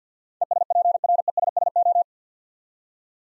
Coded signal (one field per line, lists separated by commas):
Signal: Morse code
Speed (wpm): 46 wpm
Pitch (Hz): 700 Hz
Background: none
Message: ESPRESSO